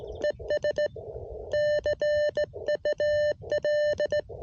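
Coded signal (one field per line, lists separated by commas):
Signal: Morse code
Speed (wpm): 17 wpm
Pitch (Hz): 590 Hz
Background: none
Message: ES CUL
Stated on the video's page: CW POTA park activation with an Elecraft KX1 QRP rig, Bamatech EHT-II paddle, 12V battery power.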